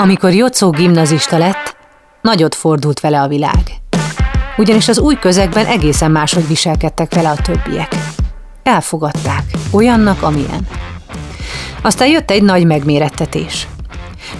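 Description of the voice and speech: Adult narrator speaking Hungarian in a fluent storytelling style. Normal speech.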